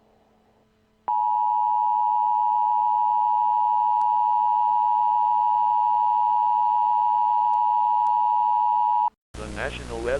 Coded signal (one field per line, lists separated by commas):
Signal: Emergency Alert System (SAME) tones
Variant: 853 and 960 Hz attention tone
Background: speech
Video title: EAS Mini Scenario #2 - Moore, Oklahoma May 3 Tornado Warning